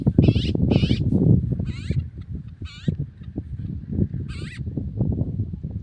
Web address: cantos tejedorcolirojo